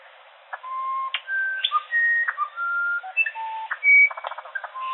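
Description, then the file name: Musician wren singing a sequence of clear whistled tones at shifting pitches, mixed with short clicking notes in a quick, varied phrase. "Uirapuru-verdadeiro - Cyphorhinus arada"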